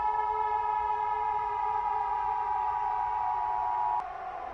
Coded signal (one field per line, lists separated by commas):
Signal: Emergency Alert System (SAME) tones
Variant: 853 and 960 Hz attention tone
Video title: Eas scenario ufo mothership ball